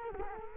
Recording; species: mosquito wingbeat signal from an infrared sensor; Culex quinquefasciatus